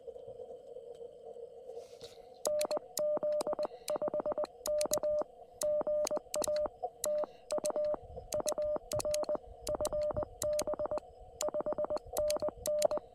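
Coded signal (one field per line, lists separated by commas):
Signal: Morse code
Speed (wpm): 21 wpm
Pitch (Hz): 600 Hz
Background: radio noise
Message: NZ5K GA TU UR FB 5NN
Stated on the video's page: Park activation in CW with a QRP Labs QMX, QRP on 20m and 50W amplifier on 40m, into a LilDude6 V2 and 40m EFHW inverted V.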